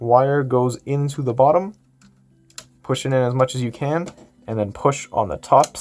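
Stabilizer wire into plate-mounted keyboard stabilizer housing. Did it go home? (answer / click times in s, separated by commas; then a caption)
no / none. A stabilizer wire is being slid down into the bottom of a plate-mounted stabilizer housing on a mechanical keyboard and pushed in as far as it will go, while someone talks. During a pause in the talking, faint small ticks and a brief sharp tap are heard around 2.0 to 2.6 seconds. The wire has been handled but is not yet home; nothing has seated or clicked yet.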